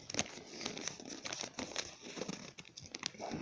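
Paper crinkles and rustles in quick, irregular bursts as someone rummages through it searching for a receipt, with sharp crackly snaps scattered across a steady papery hiss. No one speaks.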